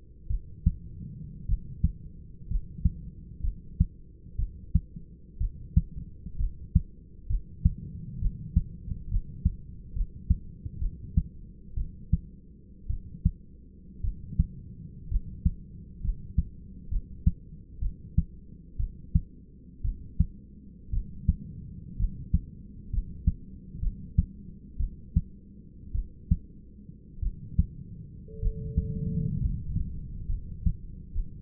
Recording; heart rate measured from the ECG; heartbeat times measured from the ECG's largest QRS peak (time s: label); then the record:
heart sounds by stethoscope; 60 bpm
0.28 s: heartbeat
1.46 s: heartbeat
2.48 s: heartbeat
3.42 s: heartbeat
4.36 s: heartbeat
5.38 s: heartbeat
6.37 s: heartbeat
7.27 s: heartbeat
8.20 s: heartbeat
9.09 s: heartbeat
9.94 s: heartbeat
10.79 s: heartbeat
11.75 s: heartbeat
12.88 s: heartbeat
14.02 s: heartbeat
15.09 s: heartbeat
16.02 s: heartbeat
16.89 s: heartbeat
17.80 s: heartbeat
18.77 s: heartbeat
19.82 s: heartbeat
20.91 s: heartbeat
21.97 s: heartbeat
22.90 s: heartbeat
23.80 s: heartbeat
24.78 s: heartbeat
25.93 s: heartbeat
27.20 s: heartbeat
28.40 s: heartbeat
29.40 s: heartbeat
30.27 s: heartbeat
31.13 s: heartbeat
From the record:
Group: healthy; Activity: rest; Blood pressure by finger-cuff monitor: 161/76 mmHg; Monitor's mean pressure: 101 mmHg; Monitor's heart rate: 61 bpm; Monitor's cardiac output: 6.1 L/min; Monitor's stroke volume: 102 mL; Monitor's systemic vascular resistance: 1170 dyn s/cm5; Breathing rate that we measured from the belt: 9 breaths a minute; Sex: male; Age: 25 years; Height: 170 cm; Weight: 70.4 kg